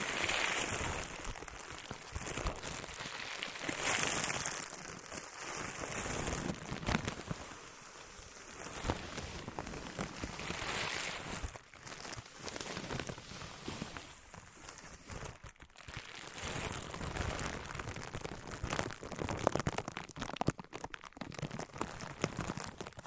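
Materials like sponge, foam, cork or wood are handled, with dense, continuous crackling and rustling, irregular taps, and bright hissing bursts.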